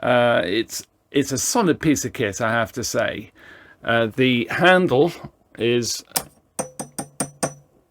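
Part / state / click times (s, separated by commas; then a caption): metal carry handle detent on a boombox body / seated / 6.6 s, 6.8 s, 7.0 s, 7.2 s, 7.4 s. Someone talks for most of the clip, then the solid metal carry handle on a We Are Rewind Curtis boombox is swung through its detent positions. It ratchets with a series of sharp clicks at 6.6, 6.8, 7.0, 7.2 and 7.4 seconds, each one seating in place.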